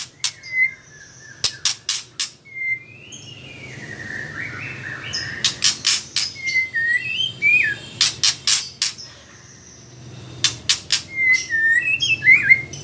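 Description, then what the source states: White-rumped shama song: scattered level and slurred whistles between groups of three or four sharp clicks, over a soft, steady background hiss. Female.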